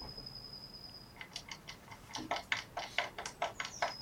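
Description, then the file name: Eurasian blue tit churring, a high thin whistle first, then a run of rough clicking notes growing louder. "Cyanistes caeruleus"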